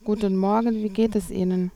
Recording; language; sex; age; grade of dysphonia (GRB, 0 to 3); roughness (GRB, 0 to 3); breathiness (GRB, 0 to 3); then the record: spoken sentence; German; female; 20 to 29 years; 0; 0; 0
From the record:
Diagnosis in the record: dysarthrophonia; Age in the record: 29 years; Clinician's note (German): Z.B. Dysarthrophonie